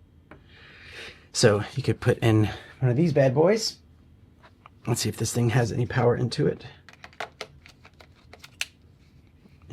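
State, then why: Seated. A camera-style battery is slid into the battery slot on a Zeapon EVO 125° Panorama Rotating Motorized Camera Slider while someone talks. Light handling taps and rattles follow around 6.9–7.4 s, then the battery locks into place with a sharp click at 8.6 s.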